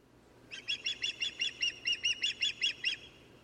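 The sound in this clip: Osprey calls: a run of many clear, whistled chirps over roughly two and a half seconds, with a quiet background.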